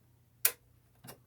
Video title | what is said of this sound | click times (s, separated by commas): Thread a Baby Lock Triumph for a 4 thread overlock | you can hear it snap | 0.5 s